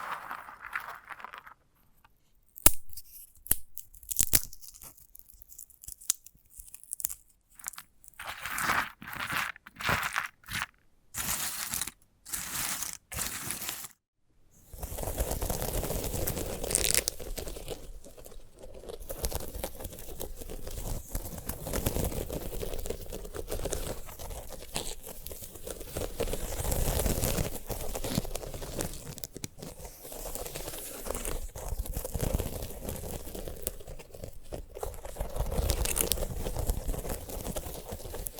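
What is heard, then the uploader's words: Handling of a sunflower head: the first fifteen seconds bring sharp, separate crackles and tearing snaps, with short silences between bursts. After that the sound turns into a steady, dense rustle and scraping that carries through to the end, with a few louder crunches along the way. ASMR of a Sunflower Head (No Talking).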